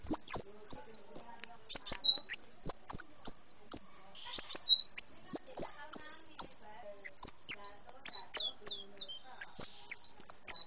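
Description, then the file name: Brown-throated sunbird song: rapid series of high, thin, downslurred chirps and sharp trills, delivered in bursts with brief pauses, clean background. "kolibri muncang. omkicau"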